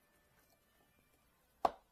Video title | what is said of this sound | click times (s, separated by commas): Change Battery Connector from Traxxas to EC5 @ A&J HOBBIES | push it in you can hear click | 1.6 s